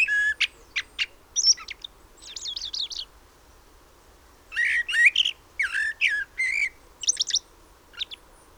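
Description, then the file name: Common blackbird giving bursts of sharp, varied chattering and squeaky notes in clustered groups, with pauses between them. "Turdus merula"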